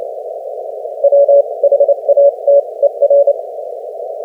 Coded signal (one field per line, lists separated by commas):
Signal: Morse code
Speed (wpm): 27 wpm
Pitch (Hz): 560 Hz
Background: none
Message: WHATER